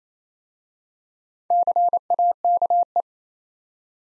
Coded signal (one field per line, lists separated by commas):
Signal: Morse code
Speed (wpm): 27 wpm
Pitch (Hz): 700 Hz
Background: none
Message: CAKE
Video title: Easy Words with Hints - 28wpm